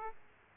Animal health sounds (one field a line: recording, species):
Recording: mosquito wingbeat signal from an infrared sensor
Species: Aedes aegypti